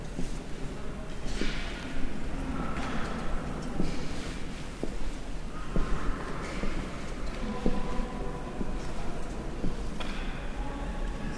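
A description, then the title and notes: Footsteps echo through a vast stone interior at an unhurried pace, with a steady low rumble and faint murmurs in the background. Cathedral Ambiance | York Minster. This binaural field recording captures the essence of the cathedral's serene atmosphere.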